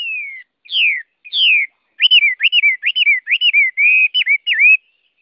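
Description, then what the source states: Chinese hwamei song: clear falling whistled slurs, then a quick string of looping, varied whistled notes in a rich, fluent phrase. Song in the 'forest voice' (giọng rừng) style.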